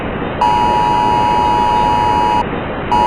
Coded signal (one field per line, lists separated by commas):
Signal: Emergency Alert System (SAME) tones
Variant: 853 and 960 Hz attention tone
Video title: EAS Scenario #95: !!!